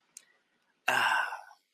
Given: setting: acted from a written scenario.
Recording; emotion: vocal sound without words; serenity